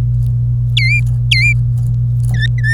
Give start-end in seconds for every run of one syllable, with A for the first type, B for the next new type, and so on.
0.00-0.01 A, 0.77-1.00 B, 1.31-1.53 B, 2.34-2.74 C